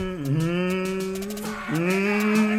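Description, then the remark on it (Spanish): A cow moos in a long, low, droning call that dips briefly in pitch before swelling again, fairly loud, with faint clicking noise behind it. “Una vaca.”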